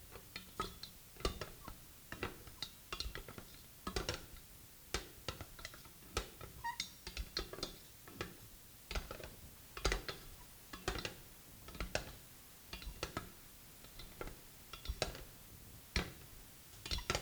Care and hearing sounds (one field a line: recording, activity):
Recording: daily activity, guitar pickup as the sensor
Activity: fry